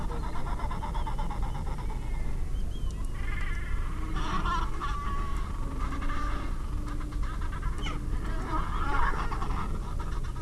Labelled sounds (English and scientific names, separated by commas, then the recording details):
Gentoo Penguin (Pygoscelis papua)
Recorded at the colony at Petermann, Antarctica, on 20 January 2015
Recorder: Song Meter SM2+